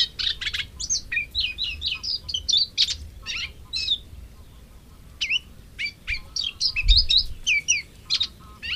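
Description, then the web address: Moustached warbler song in bursts of quick chattering and whistled notes, some rising steeply, broken by short pauses. "Madardalok Fülemülesitke"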